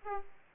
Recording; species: mosquito wingbeat signal from an infrared sensor; Aedes aegypti